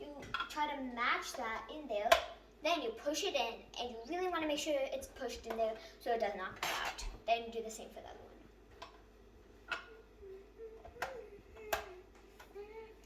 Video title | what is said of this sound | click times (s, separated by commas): Making Valentine's sugar cookies! part 1 of 2 | We hear a snap like when you're putting it in, that only means it's in. | 11.0 s, 11.7 s